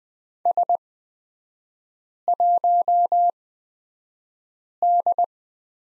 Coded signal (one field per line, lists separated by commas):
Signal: Morse code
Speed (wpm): 20 wpm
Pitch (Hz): 700 Hz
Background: none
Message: S1D